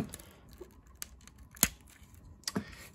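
On an Ocular Max PS-15 Fraudo plastic transforming robot toy, the wheel assembly is folded out through ratcheting joints and the arm's tab is pushed into its slot on the wheel assembly. Small, sharp plastic clicks sound around 0.1, 1.0, 2.5 and 2.6 seconds. The loudest snap comes at 1.6 seconds as the tab seats in the slot.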